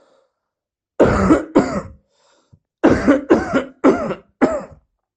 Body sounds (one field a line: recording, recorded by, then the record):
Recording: voluntary cough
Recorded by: messaging app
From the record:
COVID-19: negative